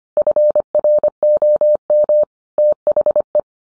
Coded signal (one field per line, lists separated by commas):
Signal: Morse code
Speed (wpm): 25 wpm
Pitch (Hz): 600 Hz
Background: none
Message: FROM THE